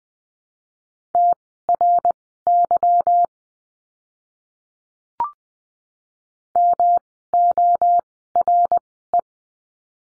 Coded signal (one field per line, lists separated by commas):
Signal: Morse code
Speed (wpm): 20 wpm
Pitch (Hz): 700 Hz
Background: none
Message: TRY MORE